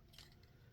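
A plastic wing on a transforming jet toy is folded down and snapped into place on the side of the body. A sharp, bright click is heard at 0.2 s, followed by a fainter tick around 0.4 s over a low background hum. The wing seats firmly in place.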